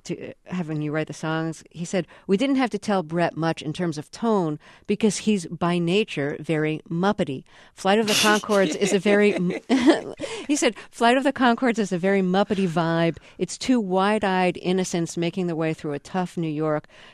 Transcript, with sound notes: having you write the songs, he said, we didn't have to tell Bret much in terms of tone because he's, by nature, very Muppet-y. Flight of the Conchords is a very...
(SOUNDBITE OF LAUGHTER)
He said Flight of the Conchords is a very Muppet-y vibe. Its two wide-eyed innocents making the way through a tough New York,